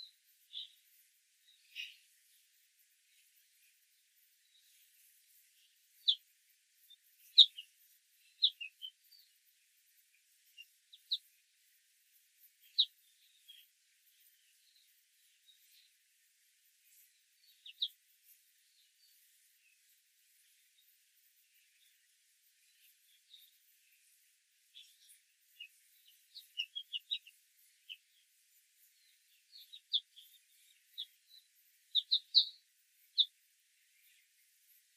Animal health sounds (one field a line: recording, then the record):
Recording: young laying hens in a cage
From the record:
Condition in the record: control cage, after the stress test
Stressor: none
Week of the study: 4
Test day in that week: 1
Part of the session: 1